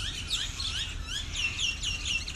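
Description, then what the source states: Common myna calls, dense overlapping chatter of whistled, squeaky notes from a flock, with a constant low rumble of background noise. Hundreds of introduced Indian mynas leaving an overnight roost in palm trees before dawn in Maroochydore's CBD, Queensland, near the ABC studio; described as an aerial invasion, an aggressive territorial takeover.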